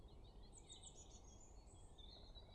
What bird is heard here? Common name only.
Eurasian Blue Tit